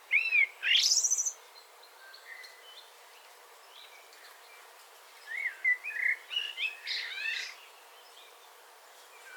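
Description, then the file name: Common blackbird song, a short low note and a sharp rising high note to begin, then after a gap a fluting, tumbling phrase with scratchy high notes, over faint hiss. "Turdus merula"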